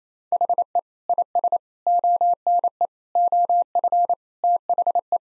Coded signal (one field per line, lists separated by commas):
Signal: Morse code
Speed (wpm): 28 wpm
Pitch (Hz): 700 Hz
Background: none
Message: HE IS ONE OF THE